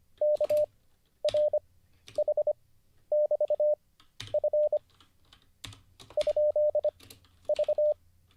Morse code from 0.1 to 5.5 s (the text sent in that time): KRH<BT>F